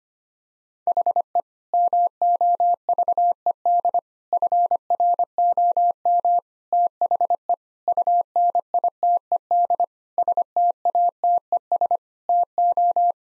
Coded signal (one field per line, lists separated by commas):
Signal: Morse code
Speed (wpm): 25 wpm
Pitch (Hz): 700 Hz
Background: none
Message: HE MOVED FROM THE UNITED STATES TO